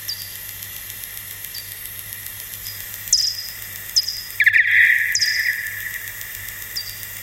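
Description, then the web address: Bat calls sounding as brief descending chirps at uneven intervals, with one scratchy buzzing burst in the second half and a faint steady hum throughout. "studium lehrerbildung lmu ideenfinder fledermaus hoerbeispiele-fledermausrufe fledermausruf"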